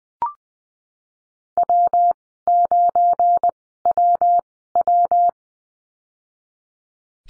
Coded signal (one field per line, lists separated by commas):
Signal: Morse code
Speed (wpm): 20 wpm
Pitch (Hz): 700 Hz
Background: none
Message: W9WW